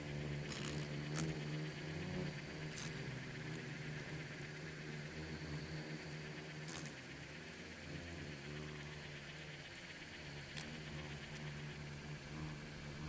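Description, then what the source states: Swarming insects give a low droning hum that is louder in the first seconds, then settles, with occasional dry clicks and soft crackling. Bugs and beetles swarming in the Namib desert, one of the micro-sounds of its soundscape.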